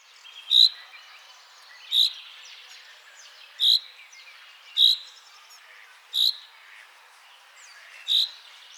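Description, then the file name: Common chaffinch calls, short sharp notes repeated about every one to two seconds, six in all, against a faint hiss. "Fringilla coelebs"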